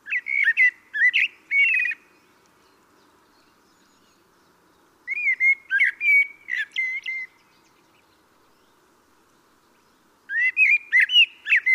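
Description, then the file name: Common blackbird song: three mellow fluted whistled phrases with high squeaky twitters, coming roughly every five seconds with quiet pauses between. "Turdus merula"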